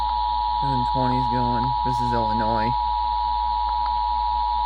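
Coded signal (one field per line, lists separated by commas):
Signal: Emergency Alert System (SAME) tones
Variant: 853 and 960 Hz attention tone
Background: speech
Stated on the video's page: EAS tests from NWS Memphis in Tennessee.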